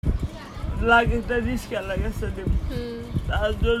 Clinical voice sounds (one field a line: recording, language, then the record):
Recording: elicited speech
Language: Bengali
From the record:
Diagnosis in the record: Broca's or global aphasia after a stroke